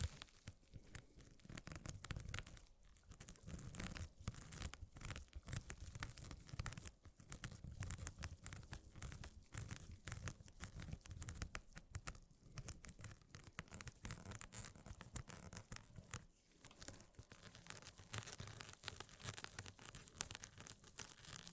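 Scratching runs almost without pause for the whole stretch, a dense, rough, papery rasp spread from low to very bright. Short strokes pile up irregularly, with brief dips in loudness near 3, 7, 12 and 16 seconds before the scraping resumes.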